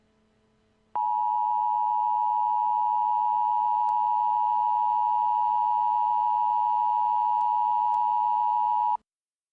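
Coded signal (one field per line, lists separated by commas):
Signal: Emergency Alert System (SAME) tones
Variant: 853 and 960 Hz attention tone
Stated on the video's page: Fictional mock EAS alert made for entertainment; the tones are not valid EAS tones.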